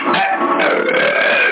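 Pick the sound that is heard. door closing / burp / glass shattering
burp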